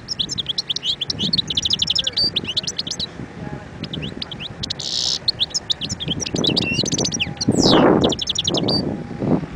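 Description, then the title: European goldfinch song, almost continuous: chattering, liquid notes with a nasal buzz in the middle; low rumbling noise swells near the end. Wild bird. "اجمل غناءالحسون الخلويchant chardonneret sauvage"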